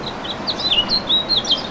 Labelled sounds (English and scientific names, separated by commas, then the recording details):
House Finch (Haemorhous mexicanus) song
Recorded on Long Island, New York, on 2 June 2012
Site CP
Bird B